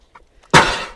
Sneeze.